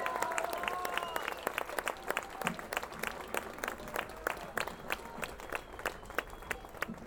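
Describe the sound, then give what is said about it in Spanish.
An audience at a concert applauds steadily as the drummer is introduced, many hands clapping in a dense, crackling wash with a few sharper individual claps standing out, holding at an even level throughout. “Un aplauso”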